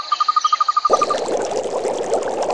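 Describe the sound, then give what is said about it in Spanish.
Steady, rhythmic insect chirping gives way to a sudden splash as a thrown stone hits the Táchira River, followed by a continuous wash of rushing, churning water noise with no voices. “Alguien está tirando piedras. Nos está espantando las truchas.”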